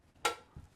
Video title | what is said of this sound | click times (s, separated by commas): How to sublimate onto coffee mugs with custom graphics -Brother SP1 Sublimation Tutorial Tock Custom | till it clicks then I'm going to tighten this just a little bit | 0.3 s